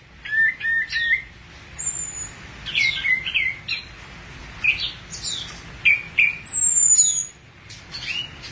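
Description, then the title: Thrush song in varied bursts of chirps and slurred notes, with thin high whistles sliding down, phrases separated by short pauses. "burung anis x"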